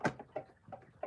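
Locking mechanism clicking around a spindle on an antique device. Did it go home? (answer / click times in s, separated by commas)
yes / 0.0 s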